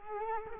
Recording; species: mosquito wingbeat signal from an infrared sensor; Culex quinquefasciatus